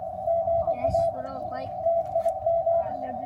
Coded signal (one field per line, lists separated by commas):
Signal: Morse code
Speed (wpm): 22 wpm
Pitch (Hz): 670 Hz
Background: speech, radio noise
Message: GA TIM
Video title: Alpha Antenna Delta Loop, Fast Portable Ham Radio Antenna!